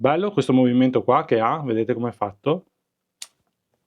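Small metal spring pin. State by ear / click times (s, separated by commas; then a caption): released / 3.2 s. Someone talks, then at 3.2 s a sharp click sounds as the quick-release pin of the just-fitted smartwatch strap comes free from the watch case lug. The Amazfit Active Max strap is released from the case to show the mechanism.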